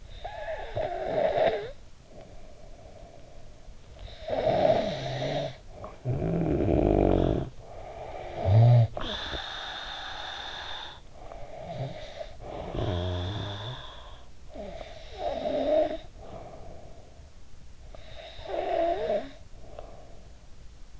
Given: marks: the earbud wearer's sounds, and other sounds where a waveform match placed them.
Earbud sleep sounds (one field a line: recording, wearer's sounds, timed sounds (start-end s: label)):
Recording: sounds in sleep by an in-ear microphone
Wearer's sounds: snoring breath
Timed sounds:
0.00-17.51 s: snoring breath
17.71-20.94 s: snoring breath